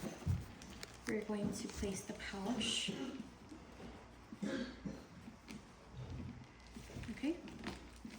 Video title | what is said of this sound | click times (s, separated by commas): Colostomy care | And we hear the click. | 7.7 s